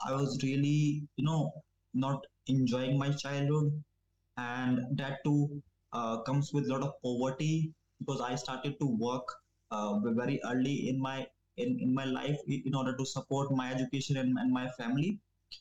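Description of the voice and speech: Stuttering in an adult man from India who has stammered since about age 10, partly due to the toxic environment he grew up in within a slum; speech in English with pauses and repetitions of words and phrases.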